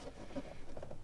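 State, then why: Not seated. Someone handles the air filter intake section of a BMW E87 1 Series 130i, with its round lip located into the end of the air filter element and its square section pressed into its opening, before pushing it forward so two plastic tabs click into the air box. Only soft handling taps and rustles are heard, with a brief sharper tap near 0.8 s. Nothing has seated or clicked yet.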